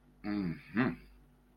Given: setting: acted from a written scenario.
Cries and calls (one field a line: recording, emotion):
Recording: vocal sound without words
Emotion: desire